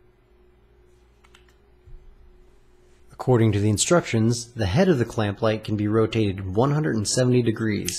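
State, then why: Not seated. The head of a clamp light, which can rotate 170 degrees, is turned on its pivot joint toward the middle detent used for flashlight mode. Faint handling ticks occur around 1.2–1.5 s under a low background hum, and someone talks from about 3.2 s onward. The head has not yet clicked into the detent by the end.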